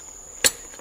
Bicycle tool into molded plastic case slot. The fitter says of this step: one snaps right into the same place so it's pretty cool okay I snapped this one back